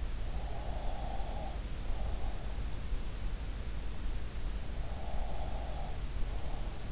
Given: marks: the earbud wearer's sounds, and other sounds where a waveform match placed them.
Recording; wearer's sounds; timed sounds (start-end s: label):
sounds in sleep by an in-ear microphone; breath
0.38-2.66 s: breath
4.92-6.92 s: breath